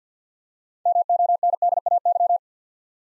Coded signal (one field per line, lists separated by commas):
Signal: Morse code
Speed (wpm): 51 wpm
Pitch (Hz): 700 Hz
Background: none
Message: MONDAY